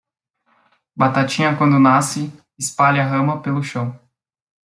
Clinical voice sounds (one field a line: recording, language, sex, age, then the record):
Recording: short text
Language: Brazilian Portuguese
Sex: male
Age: 20 to 29 years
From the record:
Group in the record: control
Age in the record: 26 years